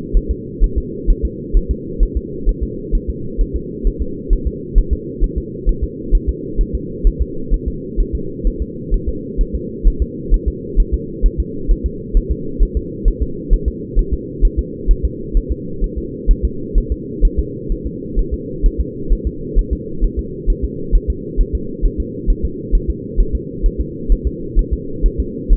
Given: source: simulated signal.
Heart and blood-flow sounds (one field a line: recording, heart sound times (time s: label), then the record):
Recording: fetal heart sounds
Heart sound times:
0.17 s: S1
0.31 s: S2
0.64 s: S1
0.78 s: S2
1.10 s: S1
1.25 s: S2
1.57 s: S1
1.71 s: S2
2.03 s: S1
2.17 s: S2
2.49 s: S1
2.63 s: S2
2.95 s: S1
3.10 s: S2
3.41 s: S1
3.56 s: S2
3.87 s: S1
4.02 s: S2
4.33 s: S1
4.47 s: S2
4.78 s: S1
4.93 s: S2
5.24 s: S1
5.38 s: S2
5.69 s: S1
5.84 s: S2
6.15 s: S1
6.29 s: S2
6.61 s: S1
6.75 s: S2
7.07 s: S1
7.22 s: S2
7.54 s: S1
7.68 s: S2
8.00 s: S1
8.15 s: S2
8.47 s: S1
8.62 s: S2
8.94 s: S1
9.09 s: S2
9.41 s: S1
9.55 s: S2
9.87 s: S1
10.02 s: S2
10.34 s: S1
10.48 s: S2
10.80 s: S1
10.94 s: S2
11.26 s: S1
11.40 s: S2
11.71 s: S1
11.86 s: S2
12.17 s: S1
12.32 s: S2
12.62 s: S1
12.77 s: S2
13.08 s: S1
13.23 s: S2
13.53 s: S1
13.68 s: S2
13.99 s: S1
14.13 s: S2
14.45 s: S1
14.59 s: S2
14.91 s: S1
15.05 s: S2
15.37 s: S1
15.52 s: S2
15.84 s: S1
15.98 s: S2
16.31 s: S1
16.45 s: S2
16.78 s: S1
16.92 s: S2
17.25 s: S1
17.39 s: S2
17.72 s: S1
17.87 s: S2
18.19 s: S1
18.34 s: S2
18.66 s: S1
18.81 s: S2
19.12 s: S1
19.27 s: S2
19.59 s: S1
19.73 s: S2
20.04 s: S1
20.19 s: S2
20.50 s: S1
20.64 s: S2
20.95 s: S1
21.10 s: S2
21.41 s: S1
21.55 s: S2
21.85 s: S1
22.00 s: S2
22.30 s: S1
22.45 s: S2
22.75 s: S1
22.90 s: S2
23.20 s: S1
23.35 s: S2
23.66 s: S1
23.81 s: S2
24.12 s: S1
24.27 s: S2
24.59 s: S1
24.73 s: S2
25.06 s: S1
25.20 s: S2
25.53 s: S1
From the record:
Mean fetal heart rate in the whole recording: 130 bpm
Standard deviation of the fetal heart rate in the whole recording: 2 bpm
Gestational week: 38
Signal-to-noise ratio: -4.3 dB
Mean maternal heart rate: 72 bpm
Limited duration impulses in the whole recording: absent